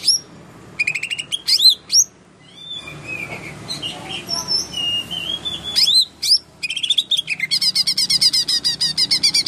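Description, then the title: Greater green leafbird song: bursts of sharp chirps and rapid buzzy trills, then a run of sweet slurred whistles, and finally a fast, dense rattling trill. Recorded in Kalimantan in 2014. "Suara Burung Cucak Ijo 2014 Kalimantan"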